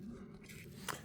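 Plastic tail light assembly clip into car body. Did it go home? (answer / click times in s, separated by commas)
yes / 0.9 s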